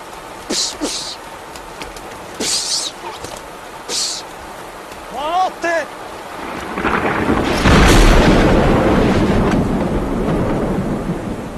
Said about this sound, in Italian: Fulminato, dottore, fulminato. La saetta l'aveva attraversato completamente.